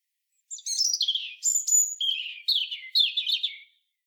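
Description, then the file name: European robin delivering a high, tinkling song phrase of varied whistles and quick trills in short bursts over about three seconds. "Erithacus rubecula"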